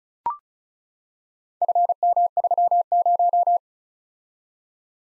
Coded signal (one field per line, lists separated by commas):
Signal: Morse code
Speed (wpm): 36 wpm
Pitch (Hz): 700 Hz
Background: none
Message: FM30